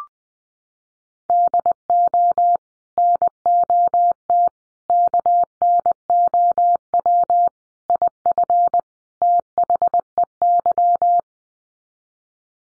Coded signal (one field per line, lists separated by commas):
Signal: Morse code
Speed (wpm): 20 wpm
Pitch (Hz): 700 Hz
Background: none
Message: DO NOT KNOW IF THEY